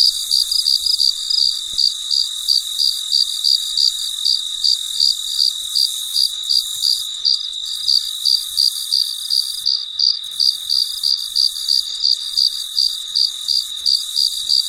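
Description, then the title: Cricket chirping, regular high pulses about three per second continuing throughout, with a constant shrill hum behind. Late at night in a very quiet setting. "深夜录制蟋蟀昆虫声"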